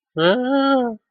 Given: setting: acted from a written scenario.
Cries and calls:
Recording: vocal sound without words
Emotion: distress

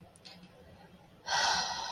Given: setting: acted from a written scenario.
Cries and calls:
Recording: vocal sound without words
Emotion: serenity

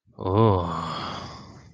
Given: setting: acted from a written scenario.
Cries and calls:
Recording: vocal sound without words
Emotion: ecstasy

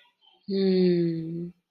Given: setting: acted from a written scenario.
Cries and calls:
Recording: vocal sound without words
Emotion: contentment

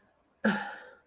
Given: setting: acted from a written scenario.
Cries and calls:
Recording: vocal sound without words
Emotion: contempt

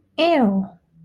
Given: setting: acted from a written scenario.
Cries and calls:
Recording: vocal sound without words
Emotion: disgust

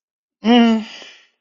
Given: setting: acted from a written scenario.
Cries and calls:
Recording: vocal sound without words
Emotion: pain

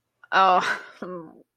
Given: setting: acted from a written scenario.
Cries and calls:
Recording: vocal sound without words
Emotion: embarrassment

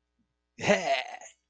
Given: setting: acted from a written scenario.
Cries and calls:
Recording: vocal sound without words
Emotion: realization

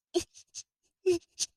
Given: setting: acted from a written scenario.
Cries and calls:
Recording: vocal sound without words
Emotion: pain

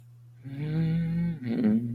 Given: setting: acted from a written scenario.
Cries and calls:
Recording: vocal sound without words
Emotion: serenity

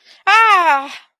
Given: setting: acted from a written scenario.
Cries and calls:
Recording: vocal sound without words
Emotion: pain

